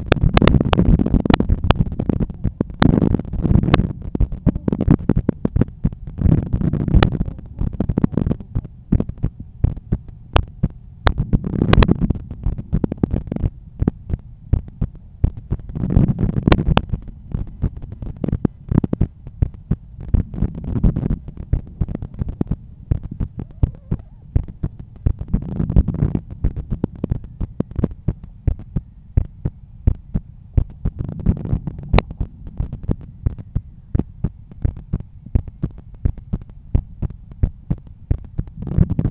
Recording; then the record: heart sounds by stethoscope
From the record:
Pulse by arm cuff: 85 bpm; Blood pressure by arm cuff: 124/80 mmHg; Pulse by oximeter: 95 bpm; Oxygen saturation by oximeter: 97%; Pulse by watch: 95 bpm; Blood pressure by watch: 130/84 mmHg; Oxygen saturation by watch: 97%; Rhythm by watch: sinus rhythm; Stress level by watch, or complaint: low stress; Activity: after breakfast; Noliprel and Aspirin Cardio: after pills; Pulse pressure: 44 mmHg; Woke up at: 7:20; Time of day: 9:53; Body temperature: 36.4 C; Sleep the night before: 8 h 11 min, score 61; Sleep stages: REM 22%, light 68%, deep 3%, awake 7%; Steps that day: 9500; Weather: sunny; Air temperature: 20.6 C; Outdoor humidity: 75%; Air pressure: 1015 hPa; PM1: 9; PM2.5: 13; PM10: 16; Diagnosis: hypertension, treated with Noliprel and Aspirin Cardio 100 mg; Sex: male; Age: 53 years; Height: 174 cm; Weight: 81 kg